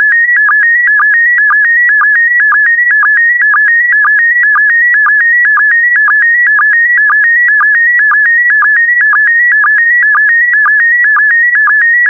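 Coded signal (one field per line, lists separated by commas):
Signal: SSTV (slow-scan television)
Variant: PD120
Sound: steady warbling tone stepping between pitches, with a short low blip about twice a second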